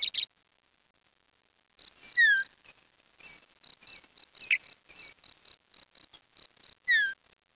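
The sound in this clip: Bird calls: clear, high whistled notes sliding downward, mixed with a thin repeated pip and scattered soft ticks, several bouts over a few seconds.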